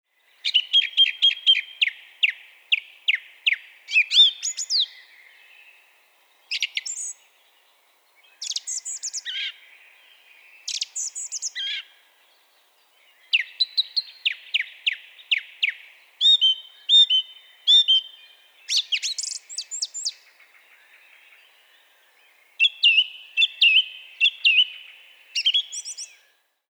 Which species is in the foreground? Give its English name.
Song Thrush